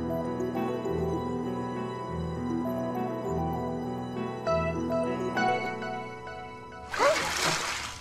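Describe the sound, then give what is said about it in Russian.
Sustained, droning tonal music plays for several seconds, then a sudden loud whoosh of water bursts in near the end as a bucket of water is thrown over a woman, brief and noisy over the fading tones. “На Киру Андрей выплеснул ведро воды.”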